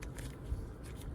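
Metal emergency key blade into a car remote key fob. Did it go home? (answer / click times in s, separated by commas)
no / none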